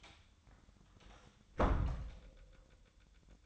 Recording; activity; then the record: daily activity, microphone in the room; close door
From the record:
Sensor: 3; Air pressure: 1004.9 hPa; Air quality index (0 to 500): 75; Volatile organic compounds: 2 ppm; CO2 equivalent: 1137 ppm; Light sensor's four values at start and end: 8/19/8/7 and 8/19/7/7